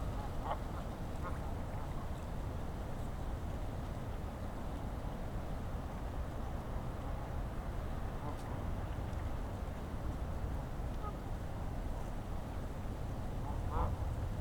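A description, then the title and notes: Outdoor sounds at Sleeping Bear Dunes: a steady, dense, low rushing roar fills the whole stretch without letup. Brief faint calls, goose-like honks, poke through near the start, around eight seconds and at the end, where the roar swells slightly. Sounds of Sleeping Bear Dunes: Tranquility Interrupted on Otter Creek. Location: Sleeping Bear Dunes National Lake Shore. Recording Device: Zoom F3. Microphone(s): Audio Technica BP 4025.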